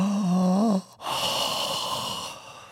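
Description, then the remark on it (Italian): A person makes a voiced, slightly wavering groan that breaks off, followed by a long, airy, open-mouthed breath that slowly fades, an exaggerated deep breath imitating the morning open-mouthed breaths described in Barbara D'Urso's new book. “Appena si sveglia al mattino fa 10 respironi così a bocca aperta.”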